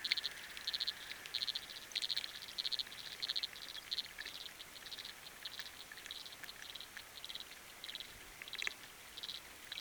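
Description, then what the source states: Frogs calling underwater, short pulsed bursts repeated in a steady series, with a sharp click and background rain hiss. Recorded underwater with a hydrophone; rain and wind also heard.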